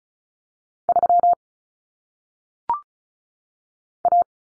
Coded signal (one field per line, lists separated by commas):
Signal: Morse code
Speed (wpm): 36 wpm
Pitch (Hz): 700 Hz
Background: none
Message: 3 A